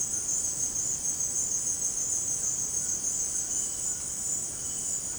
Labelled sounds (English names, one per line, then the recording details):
none
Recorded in dense forest near Puerto Asís, Putumayo, Colombia, on 24 March 2025 at 17:00
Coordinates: 0.481, -76.323
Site G088